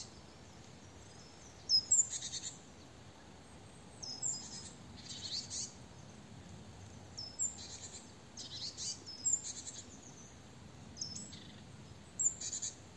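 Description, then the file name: Great tit buzzy, harsh churring calls in repeated bursts, separated by brief high thin whistled notes, over a quiet low hum. "Parus major"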